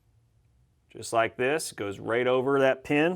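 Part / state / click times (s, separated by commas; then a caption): hammer seat cover into pistol frame / not seated / none. A hammer seat cover is dropped over the pin in the plastic frame of a Ruger LCP 2 pistol during a trigger spring kit installation, while someone talks throughout. The cover has not yet snapped into its notch by the end of the clip; nothing has seated or clicked yet.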